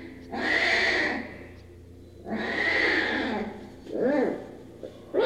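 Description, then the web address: Tiger cub cries, two long wavering wails followed by shorter arched yelps near the end. Cub, in a cage, crying. "tiger cub crying in cage animal cat"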